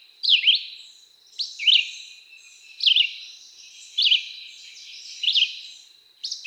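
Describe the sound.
Red-eyed Vireo song, short slurred phrases repeated about once a second, with a continuous high drone behind.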